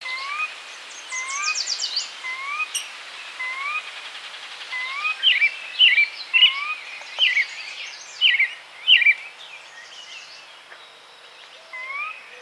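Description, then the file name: Sora giving a series of upslurred whistles over the first several seconds, then one more near the end, with other birds' sharp chirps and trills behind. "Porzana carolina - Sora"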